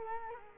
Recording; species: mosquito wingbeat signal from an infrared sensor; Culex quinquefasciatus